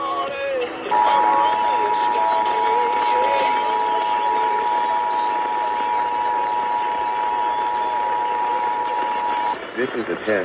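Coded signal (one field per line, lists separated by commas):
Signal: Emergency Alert System (SAME) tones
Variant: 853 and 960 Hz attention tone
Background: speech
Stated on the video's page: Required Monthly Tests from Kitsap County DEM relayed by FM and AM broadcast stations, the 155.475 MHz Washington State EAS Relay Network, and NOAA Weather Radio on 162.550/162.425 MHz.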